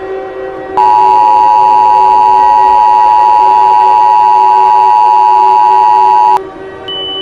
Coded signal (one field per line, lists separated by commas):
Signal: Emergency Alert System (SAME) tones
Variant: 853 and 960 Hz attention tone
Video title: Eas Scenario 1: The Dog (Part 1)